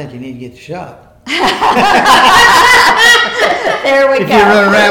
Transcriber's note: laughter